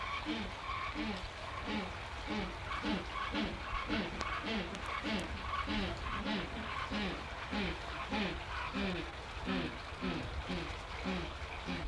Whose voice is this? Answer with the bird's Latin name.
Spheniscus humboldti